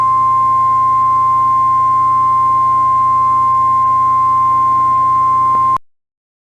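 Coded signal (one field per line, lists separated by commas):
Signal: Emergency Alert System (SAME) tones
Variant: 1050 Hz attention tone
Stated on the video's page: Fictional Emergency Alert System alert for Los Santos in the game GTA San Andreas.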